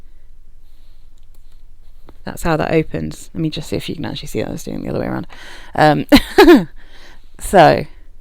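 Someone talks while handling the twist-up cap mechanism on a perfume bottle, with a few faint ticks near 1.2, 1.4 and 2.1 seconds before the speech begins. Nothing has clicked into place yet by the end of the clip.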